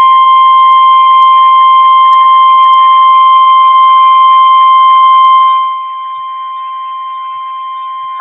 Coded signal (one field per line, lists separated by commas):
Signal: Emergency Alert System (SAME) tones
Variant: 1050 Hz attention tone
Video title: Illinois Once Again... | EAS Alerts from 10/11/2021 (EAS #775-791)